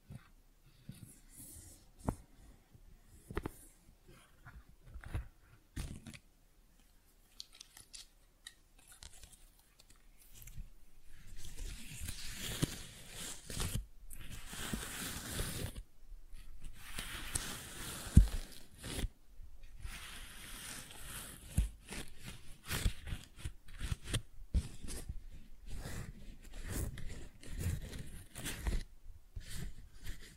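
Crinkly, rustling flower handling in irregular bursts, sparse tapping for ten seconds, then denser crackling sweeps with brief pauses until the end.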